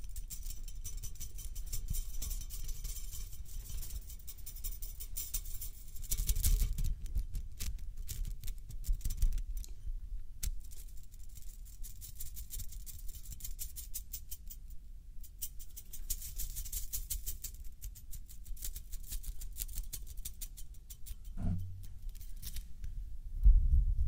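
A metal toy is handled and played with, giving rapid, fine clicking and rattling that comes and goes in bursts, brightest around 6 to 7 seconds and 16 to 19 seconds. Low thumps and handling knocks run underneath, with a sharp knock near 22 seconds and another at the end.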